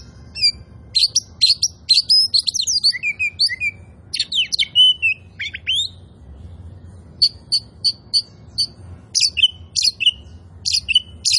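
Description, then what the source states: Oriental magpie-robin song: busy whistled and twisting phrases, a short lull, then repeated sharp high notes and clear whistles. Kacer poci variety, described as gacor, singing vigorously and continuously.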